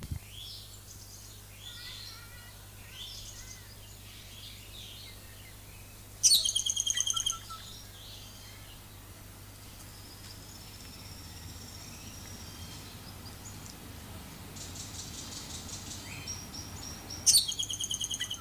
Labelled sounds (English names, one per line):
Scarlet-headed Blackbird